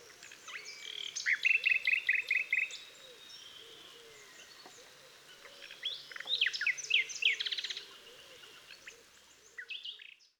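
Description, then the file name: Common nightingale song with fast rattling repeated notes in two bursts, separated by quieter whistled passages, above a continuous chorus of low repeated calls. "Luscinia megarhynchos"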